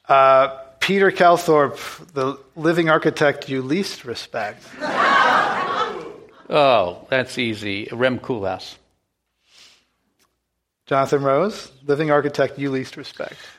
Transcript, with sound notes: Peter Calthorpe, the living architect you least respect?
[Laughter]
That’s easy. Rem Koolhaas.
Jonathan Rose, living architect you least respect?